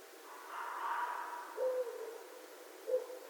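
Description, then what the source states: Red fox giving a harsh, raspy scream lasting about a second, followed by two short, clear, tonal notes in the quiet that follows. Recorded on 13 January 2012.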